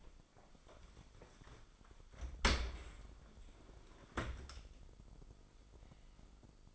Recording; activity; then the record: daily activity, microphone in the room; open dishwasher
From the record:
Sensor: 5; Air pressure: 995.8 hPa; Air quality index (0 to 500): 105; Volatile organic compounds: 7 ppm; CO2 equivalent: 2037 ppm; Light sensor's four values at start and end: 41/96/40/42 and 41/99/41/44